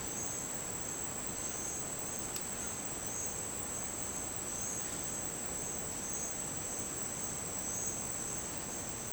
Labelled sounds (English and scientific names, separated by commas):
none